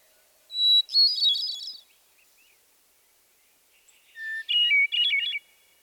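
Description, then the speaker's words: Hermit thrush song, two phrases, each opening with a single pure held note and breaking into a higher, fluttering tremolo; the second phrase is pitched lower. Song with a single low introductory note followed by higher tremolo-like phrases, pitch varying considerably within the song. "Listen again to the Hermit Thrush's song, with its single, low introductory note and higher tremolo-like phrases."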